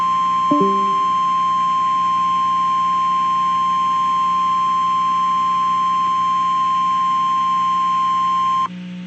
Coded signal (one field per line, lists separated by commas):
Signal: Emergency Alert System (SAME) tones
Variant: 1050 Hz attention tone